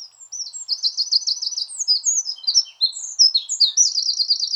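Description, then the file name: Eurasian wren singing a rapid, piercing string of high notes, opening with a quick trill, then tumbling warbles and a second rattling trill at the close. "Troglodytes troglodytes"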